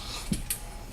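A 1/4 inch steel bolt and nut are being tightened on the steel frame of a metal band saw stand, against a steady low background noise. A dull low knock comes at 0.3 seconds, then a sharper, brighter slip at 0.5 seconds as the fastener suddenly gives way. The nut's threads have stripped.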